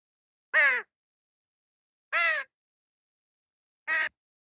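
Crow calling with three coarse, grating caws roughly one and a half to two seconds apart, the last one shorter, with nothing else audible.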